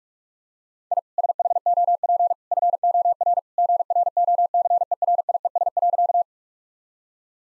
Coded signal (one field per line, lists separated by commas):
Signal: Morse code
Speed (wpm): 41 wpm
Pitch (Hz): 700 Hz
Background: none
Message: I SHOP FOR GROCERIES.